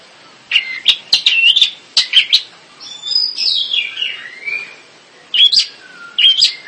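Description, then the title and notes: Bird song of bright chirps and quick whistled notes, with a falling slurred phrase in the middle and sharp notes near the end. "Kicau Burung Lengkap"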